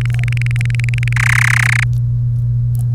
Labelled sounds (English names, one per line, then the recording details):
Domestic Canary song
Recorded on 30 April 2018 at 16:22
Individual llb3